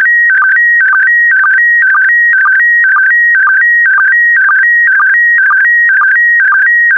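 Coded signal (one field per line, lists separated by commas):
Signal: SSTV (slow-scan television)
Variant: PD120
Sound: steady warbling tone alternating between two pitches, with short low sync clicks twice a second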